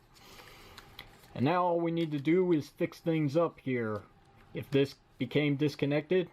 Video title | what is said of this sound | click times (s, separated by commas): LetZ Transform Studio Series 86 SCOURGE to Robot and Ship Mode | as it should get a nice clicking sound make sure these are pushed so they're flush | 0.8 s, 1.0 s